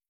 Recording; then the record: hydrophone in a shrimp aquaculture tank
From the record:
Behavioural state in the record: starved